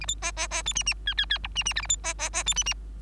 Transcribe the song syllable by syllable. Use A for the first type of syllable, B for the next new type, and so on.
A B C C C D E E F F F G E E H A B C C C D E E